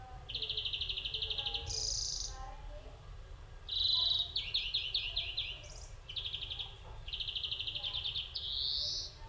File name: Chloris chloris